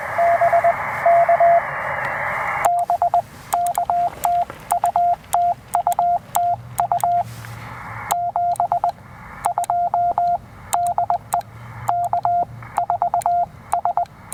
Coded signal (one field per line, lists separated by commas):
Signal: Morse code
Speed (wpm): 20 wpm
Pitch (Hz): 690 Hz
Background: radio noise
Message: BK BK TU TU TU 72 DE K4S